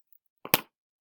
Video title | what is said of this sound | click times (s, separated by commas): Math 9-29-20 | do you hear that click it worked this time yay it didn't work yesterday when i clicked it | 0.5 s